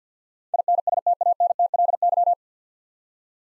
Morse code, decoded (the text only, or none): INSTANTLY